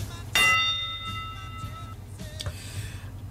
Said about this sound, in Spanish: Bueno, un tañido de campana y comienzo con el prólogo.